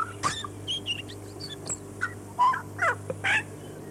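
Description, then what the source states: Chatham Island tui singing a rapid string of varied notes, several phrases packed into a few seconds, over a constant low hum. Chatham Islands subspecies of tui, Chatham Islands.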